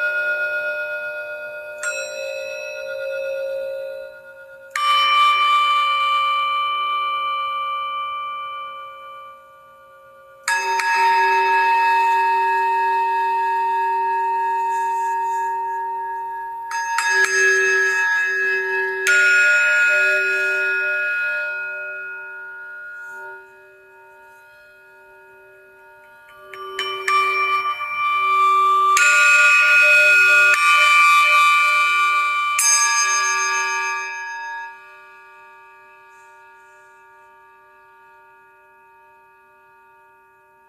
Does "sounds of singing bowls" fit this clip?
yes